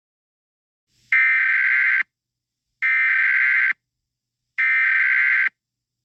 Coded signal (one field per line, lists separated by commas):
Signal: Emergency Alert System (SAME) tones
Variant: header bursts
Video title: EAS SCENARIO 24: Simon Attacks